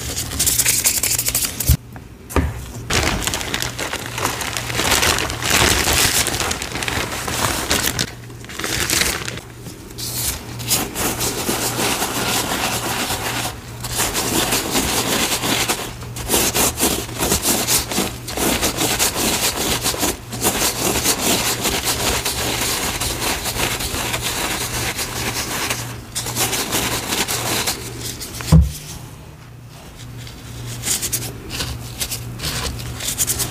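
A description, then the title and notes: Continuous scratchy rubbing and sifting of dry powder, dense and textured, with brief near-silent pauses around 2, 8, 13 and 29 seconds. A soft knock lands near 28 seconds, and a steady low hum sits underneath throughout. Sifting, Mixing, Reforming Green Cornstarch & Gym Chalk Powders.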